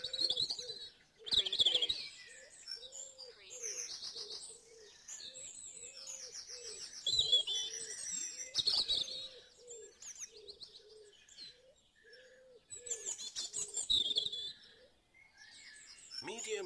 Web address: beanstalk-audio Dawn Chorus in Mold North Wales